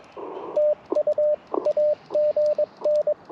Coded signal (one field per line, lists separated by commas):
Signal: Morse code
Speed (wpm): 22 wpm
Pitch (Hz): 600 Hz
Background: radio noise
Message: TU AGN